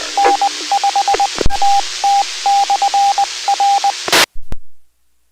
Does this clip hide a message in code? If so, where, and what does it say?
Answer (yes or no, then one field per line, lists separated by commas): yes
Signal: Morse code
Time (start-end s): 0.2-3.9 s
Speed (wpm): 20 wpm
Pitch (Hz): 800 Hz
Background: radio noise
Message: N5TT/R